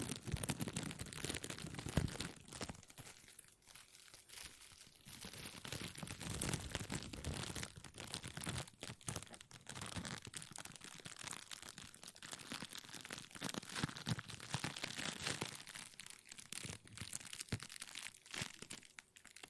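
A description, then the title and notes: Plastic is crinkled continuously for the whole stretch, a dense, crackly rustle full of rapid sharp snaps. The texture stays busy and bright throughout, with small swells and brief dips in loudness, including a quieter moment around four seconds. ASMR Plastic Crinkle No Talking.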